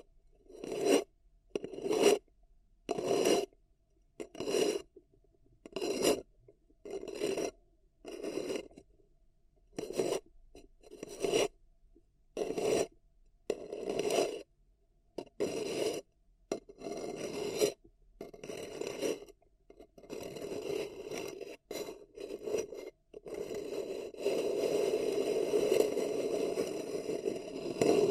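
Paper cup tingles: short, raspy scrapes on a paper cup come in a steady rhythm, roughly one per second, with brief silences between them. After about twenty seconds the scratching turns nearly continuous and denser, a dry, bright rasp over a papery middle tone.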